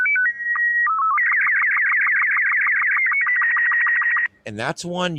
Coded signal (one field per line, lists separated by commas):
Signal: SSTV (slow-scan television)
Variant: Robot 36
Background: speech